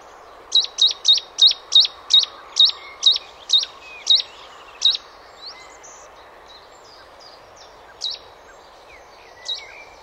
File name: cettiswarbler